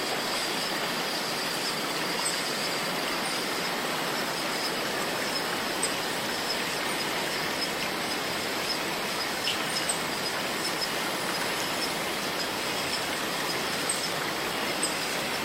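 Cicadas fill the rainforest with a dense, unbroken hiss that holds steady from start to finish. A bright, thin whine rides on top, and small ticks and clicks surface now and then without breaking the constant wash of sound.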